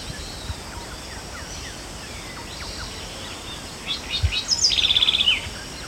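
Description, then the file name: House wren song: a quiet stretch of hiss, then a rapid bubbling burst that drops into a fast, evenly pulsed high trill lasting about half a second. "Troglodytes aedon - House Wren"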